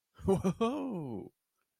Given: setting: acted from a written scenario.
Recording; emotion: vocal sound without words; positive surprise